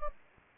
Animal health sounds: mosquito wingbeat signal from an infrared sensor; Anopheles gambiae

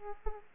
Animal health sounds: mosquito wingbeat signal from an infrared sensor; Aedes aegypti

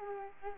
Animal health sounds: mosquito wingbeat signal from an infrared sensor; Culex quinquefasciatus

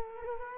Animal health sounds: mosquito wingbeat signal from an infrared sensor; Culex quinquefasciatus

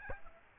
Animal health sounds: mosquito wingbeat signal from an infrared sensor; Aedes albopictus

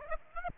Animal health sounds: mosquito wingbeat signal from an infrared sensor; Aedes aegypti

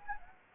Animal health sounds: mosquito wingbeat signal from an infrared sensor; Anopheles arabiensis

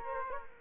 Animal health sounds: mosquito wingbeat signal from an infrared sensor; Culex quinquefasciatus

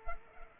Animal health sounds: mosquito wingbeat signal from an infrared sensor; Culex pipiens

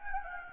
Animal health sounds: mosquito wingbeat signal from an infrared sensor; Anopheles gambiae

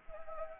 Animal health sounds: mosquito wingbeat signal from an infrared sensor; Anopheles gambiae

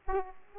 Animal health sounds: mosquito wingbeat signal from an infrared sensor; Aedes aegypti

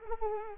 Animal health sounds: mosquito wingbeat signal from an infrared sensor; Culex quinquefasciatus

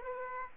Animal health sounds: mosquito wingbeat signal from an infrared sensor; Aedes aegypti

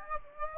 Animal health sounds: mosquito wingbeat signal from an infrared sensor; Aedes aegypti

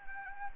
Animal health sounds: mosquito wingbeat signal from an infrared sensor; Anopheles gambiae

